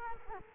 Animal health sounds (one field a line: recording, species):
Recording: mosquito wingbeat signal from an infrared sensor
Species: Culex quinquefasciatus